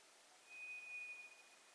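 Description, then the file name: White's thrush song: one long, thin, steady whistle that slowly fades. Recorded 2 July 2007. "toratugumi 20070702"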